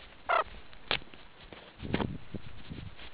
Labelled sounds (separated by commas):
meerkat close call